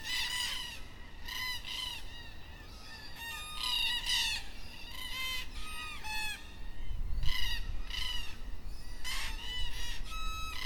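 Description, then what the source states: Black cockatoos calling, rising and falling harmonic wails repeated over and over, several voices overlapping, with a low rumble of background noise. Black cockatoos at dusk in Perth.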